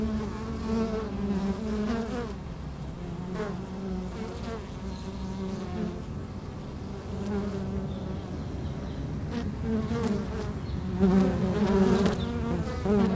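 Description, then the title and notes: Bees humming continuously in a dense low buzz, wavering overtones stacked above, several bees passing close with short bursts of louder buzzing toward the end. Bees recorded with microphones placed at the hive entrance in the bee pavilion of Meise Botanical Garden, Belgium. "Plantentuin, Meise, Belgique - Abeilles - Bees. Meise, Jardin botanique. Pavillon des abeilles, micros placés à l'entrée de la ruche"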